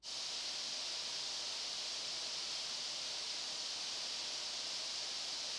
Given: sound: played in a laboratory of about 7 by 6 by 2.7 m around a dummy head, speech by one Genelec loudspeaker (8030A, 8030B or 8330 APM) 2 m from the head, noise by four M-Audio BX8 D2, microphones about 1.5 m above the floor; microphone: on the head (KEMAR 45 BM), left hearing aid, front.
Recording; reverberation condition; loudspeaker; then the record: white noise; high; four, about 170 cm from the corners of the room and facing them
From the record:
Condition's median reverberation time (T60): about 1300 ms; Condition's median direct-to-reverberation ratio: about -4.0 dB